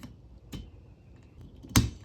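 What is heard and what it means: A new rear wiper blade for a Town and Country or Grand Caravan has its rounded end hooked into the J-hook of the metal rear wiper arm and is slid along, giving a few faint ticks and scrapes. At 1.8 s the plastic clip snaps on with one sharp, loud click, and the blade is seated on the arm.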